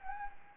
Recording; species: mosquito wingbeat signal from an infrared sensor; Anopheles gambiae